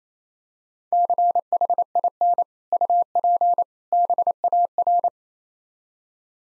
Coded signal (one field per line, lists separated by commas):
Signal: Morse code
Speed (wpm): 28 wpm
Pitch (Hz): 700 Hz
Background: none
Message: CHIN UP BAR